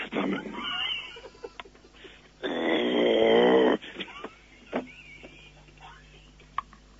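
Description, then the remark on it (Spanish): A man growls at a dog, imitating a dog with a single loud, harsh, raspy growl lasting over a second, with faint voices and small noises before and after. “Usted está gruñendo al perro”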